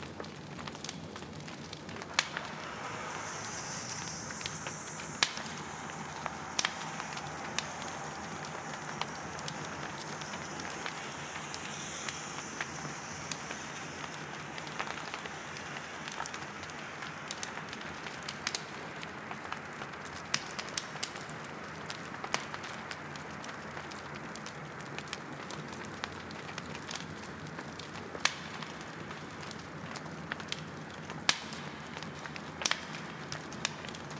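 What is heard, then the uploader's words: A campfire crackles steadily with frequent sharp pops, sometimes louder ones near 20 and 31 seconds, over a soft hiss and faint high whine early on. Campfire. Vernal nightime camp out nightime warmth.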